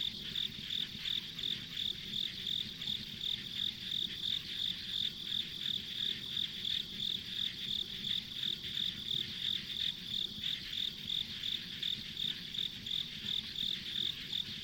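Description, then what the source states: Insects chirping in a long, even series of high pulses, nearly three per second, over an unbroken shrill chorus and faint low rumble. Insects as ambient sound on a country road.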